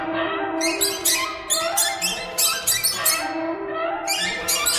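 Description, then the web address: Chattering birds give rapid harsh squawks and squeaks in irregular bursts, many notes overlapping with no pause. "soundfactory birds"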